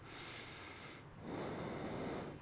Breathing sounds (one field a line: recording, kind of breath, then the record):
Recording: one breath in and out by a microphone near the nose and mouth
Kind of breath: normal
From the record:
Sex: male